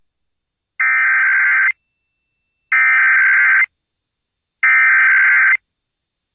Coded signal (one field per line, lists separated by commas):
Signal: Emergency Alert System (SAME) tones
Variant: header bursts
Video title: [EAS #1983] South Carolina Required Monthly Test on WESC FM